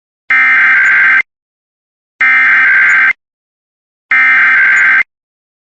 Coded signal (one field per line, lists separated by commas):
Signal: Emergency Alert System (SAME) tones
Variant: header bursts